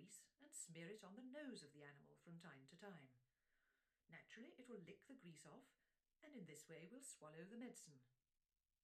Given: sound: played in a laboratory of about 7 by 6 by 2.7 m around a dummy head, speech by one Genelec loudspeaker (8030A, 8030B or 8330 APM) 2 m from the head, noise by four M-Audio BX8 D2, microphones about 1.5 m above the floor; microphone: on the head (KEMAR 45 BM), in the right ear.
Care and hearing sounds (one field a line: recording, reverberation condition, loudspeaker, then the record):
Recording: female speech in English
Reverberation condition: low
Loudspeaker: 150 degrees to the right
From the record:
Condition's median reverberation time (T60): about 310 ms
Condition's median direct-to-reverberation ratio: about 3.5 dB